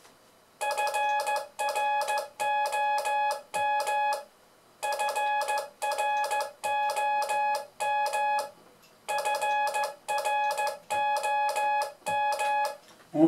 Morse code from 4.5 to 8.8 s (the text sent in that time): FROM